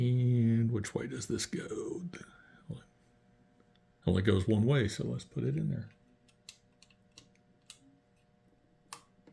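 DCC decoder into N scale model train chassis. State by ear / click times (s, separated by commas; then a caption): seated / 8.9 s. Someone talks while a DCC decoder, which fits only one way, is lined up and pressed into its socket in the chassis of an N scale Class 158 model train. After a few small handling clicks, it snaps into place with a sharp click at 8.9 seconds and is seated.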